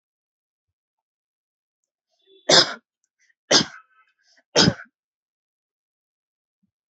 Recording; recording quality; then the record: heavy voluntary cough; excellent, no background noise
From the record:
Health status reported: healthy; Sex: female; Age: 32 years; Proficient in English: yes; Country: India